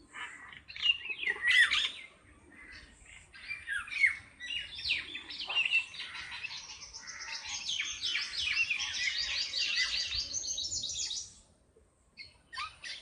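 Birdsong made of scattered chirps that build into a long, unbroken high twittering trill, which stops abruptly near eleven seconds, followed by a few faint notes.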